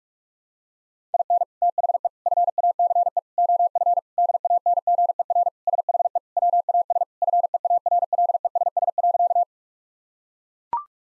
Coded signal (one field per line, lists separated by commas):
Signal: Morse code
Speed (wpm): 41 wpm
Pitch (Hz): 700 Hz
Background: none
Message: IN THE FACE OF DANGER SHE WAS FEARLESS.